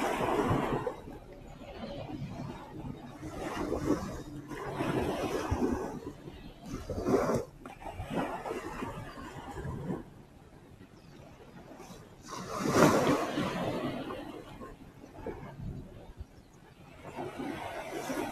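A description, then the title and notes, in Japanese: Sound of waves, washing in and out in uneven surges that swell and fade every few seconds. The loudest wash breaks around the thirteenth second, with smaller rushes near two, five and seven seconds, over a soft hissing between them. 海岸で少し瞑想をしました。波の音。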